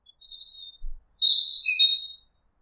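Bird giving thin, high, hissing whistles in a few drawn-out strokes lasting about two seconds, with a brief low thump partway through.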